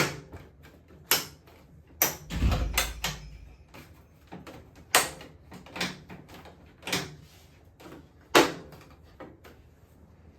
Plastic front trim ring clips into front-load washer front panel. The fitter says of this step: Just go slow again and press it into place firmly until you hear that those clips click into place.